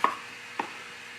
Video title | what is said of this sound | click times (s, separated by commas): Kershaw Camp 10 Knife Unboxing & Review | if I can get this cursor on the backside and snaps into place it does a really good job of retention | 0.0 s